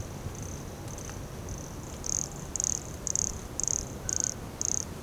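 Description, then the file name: Pumpkin toadlet producing a series of short, very high buzzy notes, faint at first then louder, six strong notes spaced about half a second apart. Recorded at Morro do Canal in January 2017, 150 cm from the microphone. "Brachycephalus sulfuratus Morro do Canal 150 cm from microphone LFRibeiro JAN-2017"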